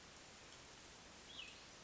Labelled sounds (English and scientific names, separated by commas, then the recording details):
Cassin's Vireo (Vireo cassinii)
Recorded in Sonoma County, California